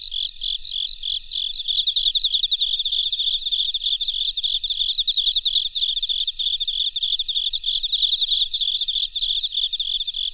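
Cricket chirping, a bright rhythmic pulsing at high pitch, three or four chirps a second, continuous over soft noise.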